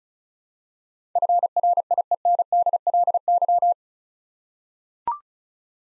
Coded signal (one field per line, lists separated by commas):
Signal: Morse code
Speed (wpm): 34 wpm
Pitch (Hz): 700 Hz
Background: none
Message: FRIENDLY